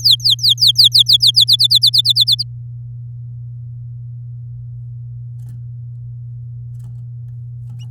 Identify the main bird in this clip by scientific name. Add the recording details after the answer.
Serinus canaria. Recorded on 8 May 2018 at 12:06. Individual llb16